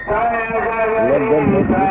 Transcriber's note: loudspeaker is playing very loudly